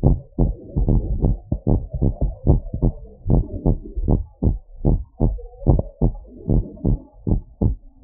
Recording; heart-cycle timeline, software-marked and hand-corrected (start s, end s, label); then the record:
heart sounds
0.00	0.04	diastole
0.04	0.18	S1
0.18	0.40	systole
0.40	0.52	S2
0.52	0.90	diastole
0.90	1.04	S1
1.04	1.22	systole
1.22	1.34	S2
1.34	1.68	diastole
1.68	1.82	S1
1.82	2.02	systole
2.02	2.14	S2
2.14	2.48	diastole
2.48	2.62	S1
2.62	2.84	systole
2.84	2.94	S2
2.94	3.30	diastole
3.30	3.46	S1
3.46	3.66	systole
3.66	3.76	S2
3.76	4.08	diastole
4.08	4.22	S1
4.22	4.44	systole
4.44	4.56	S2
4.56	4.86	diastole
4.86	5.00	S1
5.00	5.22	systole
5.22	5.36	S2
5.36	5.68	diastole
5.68	5.82	S1
5.82	6.02	systole
6.02	6.12	S2
6.12	6.50	diastole
6.50	6.66	S1
6.66	6.86	systole
6.86	6.94	S2
6.94	7.28	diastole
7.28	7.40	S1
7.40	7.62	systole
7.62	7.74	S2
7.74	8.04	diastole
From the record:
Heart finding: normal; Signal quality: good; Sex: female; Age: 50 years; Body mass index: 29.6